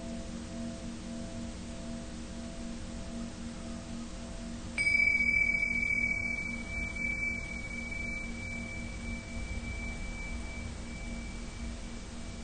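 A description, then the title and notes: A singing bowl is struck near five seconds, its bright ring sustaining and slowly fading over a steady low hum of background noise. Tibetan Singiing Bowl のサウンドヒーリングチャンネル LIVE.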